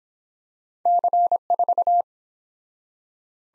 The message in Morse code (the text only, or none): C4